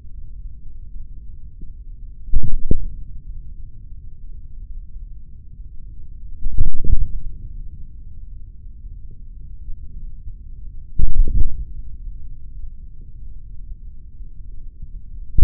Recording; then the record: forearm muscle sounds (acoustic myography)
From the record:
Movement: hand closing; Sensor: system 3, bracelet of six PUI Audio POM-2738L microphones around the upper forearm, with dedicated amplification and filtering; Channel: 6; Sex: male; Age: 56 years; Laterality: right